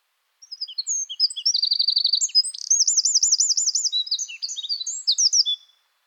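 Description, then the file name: Eurasian wren singing one continuous burst of shrill, high twittering notes broken by quick trills, about five seconds long, clean and without other sounds. "Troglodytes troglodytes"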